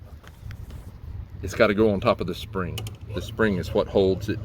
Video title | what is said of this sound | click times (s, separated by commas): Ford F Series Sunroof Part 2: Transferring Parts to New Track | another thing you have to remember let me snap that bro | 0.3 s, 0.5 s